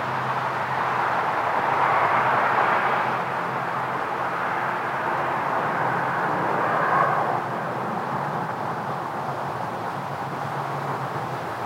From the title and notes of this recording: Cars and Quiet from a Cottage at Night (Coates Highway, Manistee). Small sounds caught in a rare, quiet night out at a cottage beside the highway as nature stands still.